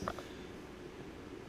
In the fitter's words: And then that should snap right into here.